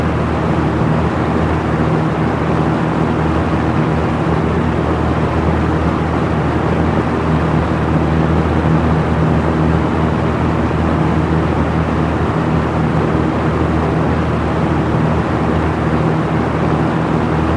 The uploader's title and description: Box Fan, High Speed. The steady sound of a box fan on high speed